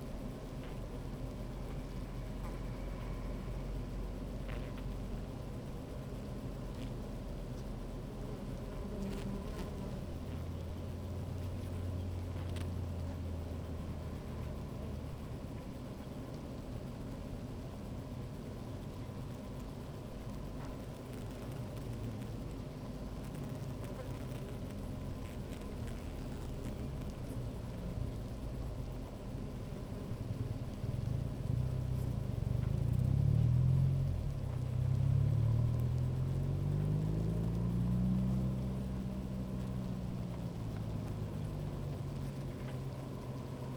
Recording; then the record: honeybee colony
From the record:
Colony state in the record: active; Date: 28 July 2017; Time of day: 15:03